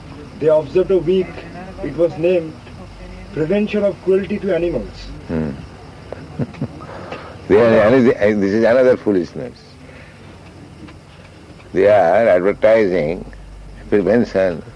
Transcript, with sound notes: they observed a week, it was named "Prevention of Cruelty to Animals."
Hmm. [chuckles] This is another foolishness. They are advertising prevention